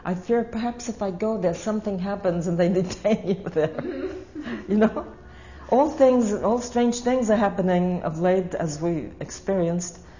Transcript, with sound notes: I fear perhaps, if I go there, something happens and they detain me there. (She laughs.) All things, all strange things are happening of late as we experienced.